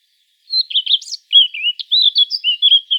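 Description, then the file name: Eurasian blackcap song, a hurried run of varied warbled and chattering notes, rising and falling quickly, with no other sounds. "Sylvia atricapilla"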